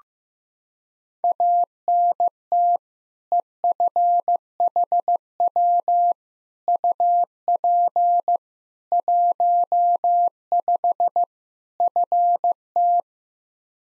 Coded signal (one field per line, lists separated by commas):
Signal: Morse code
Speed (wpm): 16 wpm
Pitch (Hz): 700 Hz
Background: none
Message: ANT EFHW UP 15 FT